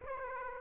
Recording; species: mosquito wingbeat signal from an infrared sensor; Aedes aegypti